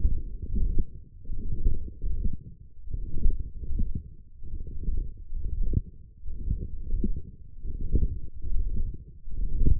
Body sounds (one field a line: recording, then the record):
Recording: forearm muscle sounds (acoustic myography)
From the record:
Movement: forearm pronation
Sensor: system 1, eight BSWA MPA416 microphones around the upper forearm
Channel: 3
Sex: male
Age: 23 years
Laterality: right